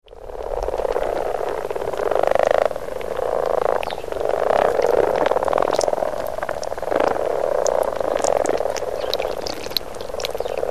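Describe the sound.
Frogs calling in a dense chorus of low rattling croaks, continuous and overlapping throughout, with occasional sharper higher notes above.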